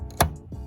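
The plastic tail light bulb socket of a 2011 Scion tC, sitting in its grooves, is turned to the right to twist-lock it into the tail light housing. A sharp click sounds at 0.2 s, followed by fainter, softer sounds. The socket is seated and secure.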